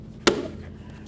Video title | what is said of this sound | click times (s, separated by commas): How to Replace Fog Lights 2007-12 Dodge Caliber | there we are we've got a tab here and a tab there i can see that they're completely locked in | 0.3 s